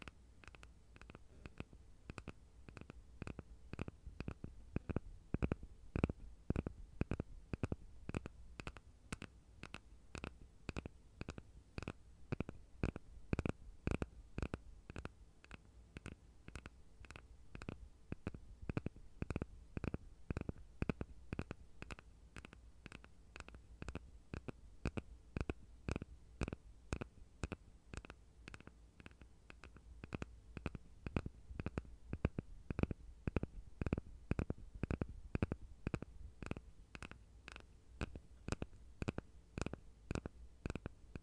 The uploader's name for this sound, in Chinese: 轻微敲击声